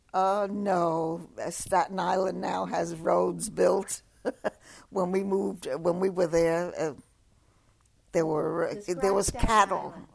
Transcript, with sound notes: Uh, no. Staten Island now has roads built. ( she laughs ) When we moved, when we were there there were...
Staten Island.
There was cattle...